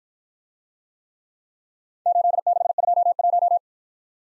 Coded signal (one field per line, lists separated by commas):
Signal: Morse code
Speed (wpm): 52 wpm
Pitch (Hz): 700 Hz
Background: none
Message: 8621